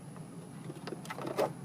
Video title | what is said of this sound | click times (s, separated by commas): 4" to 8" Factory SYNC 3 Upgrade Conversion - 2018+ Ford EcoSport | facing down and plug that back into the cluster till it clicks | 0.9 s